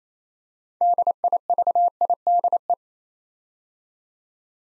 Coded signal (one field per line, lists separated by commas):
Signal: Morse code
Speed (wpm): 29 wpm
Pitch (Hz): 700 Hz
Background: none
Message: DIVIDE